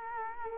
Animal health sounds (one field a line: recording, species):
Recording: mosquito wingbeat signal from an infrared sensor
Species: Culex quinquefasciatus